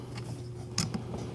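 A trigger pin is pushed through a carbine lower receiver, following the guide, with the trigger group in place. A sharp metallic hit sounds at 0.8 s with a quick follow-up and a couple of softer ticks over a low steady hum. The pin is pushed home and the trigger locks in place.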